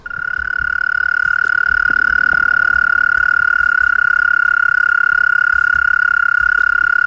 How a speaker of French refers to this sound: Aujourd'hui, même s'il devient rare de l'entendre, la courtilière reste un marqueur sonore des nuits estivales du sud de la France. C'est le moment où le mâle stridule afin de capter l'attention des femelles.